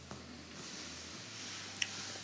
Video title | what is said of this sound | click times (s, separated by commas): ✨ FRIGIDAIRE WASHER E-90 ERROR - EASY FIX ✨ | make sure I push it in as far as it'll go till it clicks and then | 1.8 s